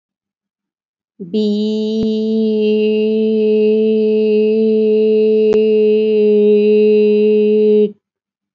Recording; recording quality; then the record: sustained vowel as in beet; excellent, no background noise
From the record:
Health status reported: respiratory illness, not identified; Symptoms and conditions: fever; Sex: female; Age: 25 years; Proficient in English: yes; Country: India